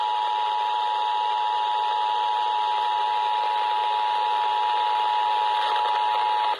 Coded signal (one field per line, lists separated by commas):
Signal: Emergency Alert System (SAME) tones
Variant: 853 and 960 Hz attention tone